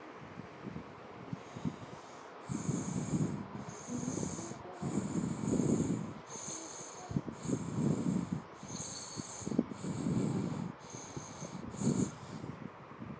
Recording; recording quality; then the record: shallow breathing; excellent, no background noise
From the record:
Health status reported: healthy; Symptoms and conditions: cough, cold, hypertension, diabetes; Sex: male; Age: 38 years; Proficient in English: yes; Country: India